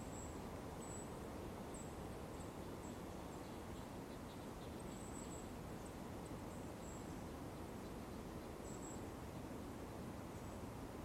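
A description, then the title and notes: A winter park gives a steady, dense low rumble throughout, with faint high chirps or squeaks recurring every second or two. Forest Park in Winter.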